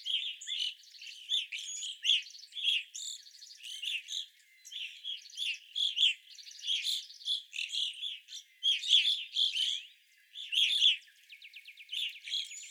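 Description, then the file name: Evening grosbeak calls in a continuous flock chorus, rapid overlapping chirps, and a thin buzzy trill near the end. Several evening grosbeaks, recorded 25 April 2021. "2021-04-25 Evening Grosbeaks"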